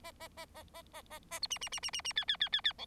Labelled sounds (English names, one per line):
Bengalese Finch song